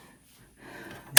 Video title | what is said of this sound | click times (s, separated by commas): FSL Square Doily with fabric insert | Make sure it clicks. I do find that I have to push extra hard when I'm using the adapter for my older | 1.2 s